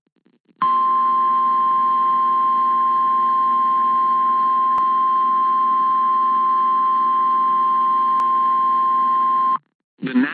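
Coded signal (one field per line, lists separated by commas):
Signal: Emergency Alert System (SAME) tones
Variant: 1050 Hz attention tone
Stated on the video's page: Severe thunderstorm warning issued by the National Weather Service, aired on NOAA Weather Radio.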